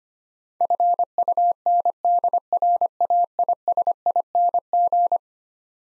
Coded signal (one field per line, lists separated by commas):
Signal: Morse code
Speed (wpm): 25 wpm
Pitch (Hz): 700 Hz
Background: none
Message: FUNDRAISING